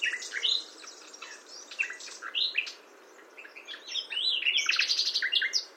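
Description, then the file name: Common nightingale singing varied, jumbled phrases of chirps and slurred notes, with quiet gaps between bursts and a busier stretch at the end. "Luscinia megarhynchos"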